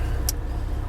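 After a pin pushed into the release hole separated the plastic back case of an Oppo Find 7 smartphone, the case snaps back shut onto the phone body on its own. A short, bright click is heard at 0.3 s over a steady low rumble. The case has reseated, closing up again.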